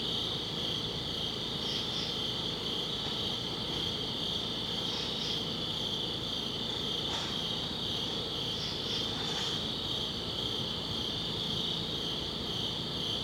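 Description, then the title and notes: Crickets hold a shrill continuous trill; several quick paired chirps pop out higher at irregular intervals over a low rumbling background. Crickets outdoors at a summit at dusk. "Ext. Summit Crickets, Dusk by Bandeto"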